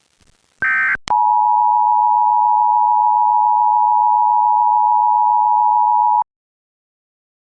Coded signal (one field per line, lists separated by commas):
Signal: Emergency Alert System (SAME) tones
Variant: 853 and 960 Hz attention tone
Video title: EAS Scenario - The Cube Part 2